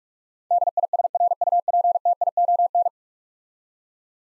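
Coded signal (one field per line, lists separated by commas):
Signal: Morse code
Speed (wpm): 44 wpm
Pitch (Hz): 700 Hz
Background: none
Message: DISRUPTION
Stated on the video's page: Morse practice drill of ten-letter words sent at 45 wpm, each word sent twice.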